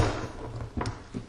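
The steel takedown retaining pin of an AR-15 rifle is pushed back through the upper and lower receivers after the upper receiver is closed onto the lower. A faint tap comes at about 0.6 s, then a sharp click at 0.8 s as the pin seats, followed by a softer knock near 1.2 s. The pin is seated and reassembly is finished.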